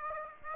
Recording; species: mosquito wingbeat signal from an infrared sensor; Aedes aegypti